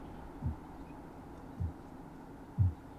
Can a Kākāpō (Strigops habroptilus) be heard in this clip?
yes